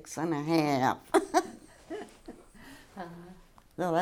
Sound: laughs

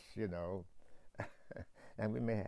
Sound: chuckles

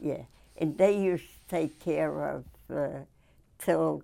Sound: none

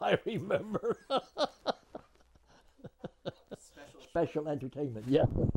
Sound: laughs

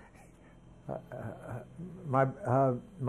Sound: chuckles

